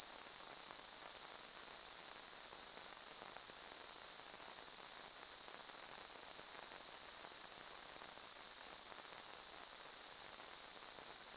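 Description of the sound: Simulated tinnitus: a steady, continuous high-pitched hissing band, unchanging throughout.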